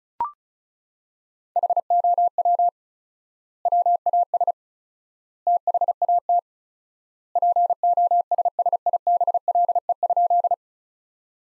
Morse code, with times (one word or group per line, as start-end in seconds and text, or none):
1.6-2.7 HOW
3.7-4.5 WAS
5.5-6.4 THAT
7.4-10.5 POSSIBLE?